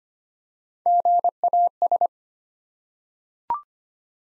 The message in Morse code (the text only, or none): GAS